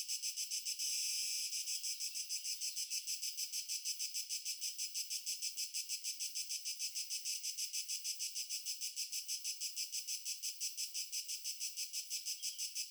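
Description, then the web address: Cricket chirping in a fast, steady pulsing trill, high-pitched and continuous throughout, with no other clear sounds. Nature ambience with crickets. "Stefano Cremona - Pure Nature Ambiences Crickets"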